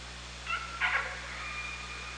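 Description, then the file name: Killer whale call: a short harmonic note, then a louder buzzy pulsed burst that trails into a long, level tone, over underwater hiss. OrcaLab hydrophone, 24 August 2017, around 18:30. "Orca Lab 20170824 183001"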